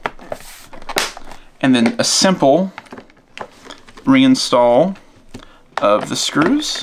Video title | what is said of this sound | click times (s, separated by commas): Lenovo P1 Gen 4 Disassembly / Upgrade | straight down it's as simple as pushing down until you hear the clicks one two around | 0.1 s, 1.0 s